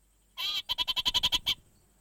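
Orange-fronted parakeet giving a harsh drawn note followed by about nine quick, grating chattering pulses in a fast run.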